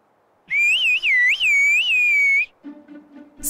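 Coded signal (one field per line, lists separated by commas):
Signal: whistled language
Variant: Turkish kuş dili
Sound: a two-second loud whistle gliding between low and high pitch with four rises, then quiet hum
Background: low hum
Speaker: Similar to Morse code, the bird language transforms the full Turkish vocabulary into varied pitch frequencies and melodic lines.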